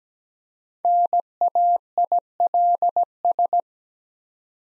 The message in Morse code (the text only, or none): NAILS